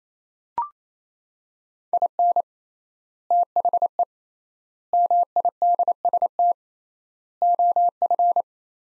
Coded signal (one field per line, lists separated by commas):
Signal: Morse code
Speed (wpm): 28 wpm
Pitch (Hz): 700 Hz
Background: none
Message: IN THE MIDST OF